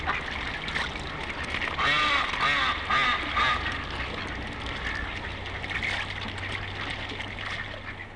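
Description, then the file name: Duck quacking, a run of nasal harsh quacks clustered early, over a low hum and background noise. "patos"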